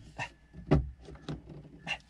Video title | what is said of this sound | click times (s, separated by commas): PECRON E1500LFP & EP3000 Power Station (FULL 7,680wh SYSTEM) (((((UNBOXING))))) | okay it's plugged in did you hear it click I heard it | 1.3 s